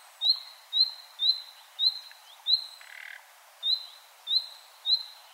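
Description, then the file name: Common nightingale calls: sharp rising whistles repeated about twice a second, with one short grating croak midway. "Luscinia megarhynchos"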